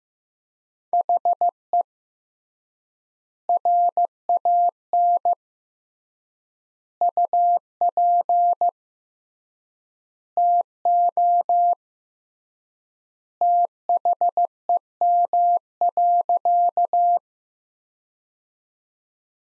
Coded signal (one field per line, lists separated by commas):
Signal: Morse code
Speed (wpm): 15 wpm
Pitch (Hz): 700 Hz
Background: none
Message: HE RAN UP TO THEM.